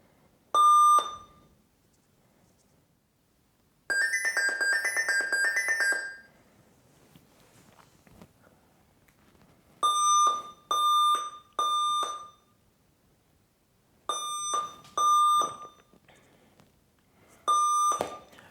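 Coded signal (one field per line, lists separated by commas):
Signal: beep code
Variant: Dell/Alienware BIOS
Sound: harsh electronic beeps: three, pause, two, pause, one, after a buzzy chime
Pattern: 3-2-1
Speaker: and so that's the beeping code i'm getting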